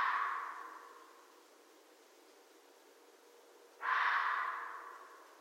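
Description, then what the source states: Red fox giving harsh, hoarse calls: one fading out at the start, then a second abrupt rasping burst near four seconds that trails off slowly. Otherwise quiet. Recorded 13 January 2012.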